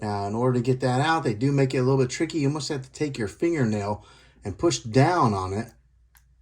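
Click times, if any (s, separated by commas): 6.2 s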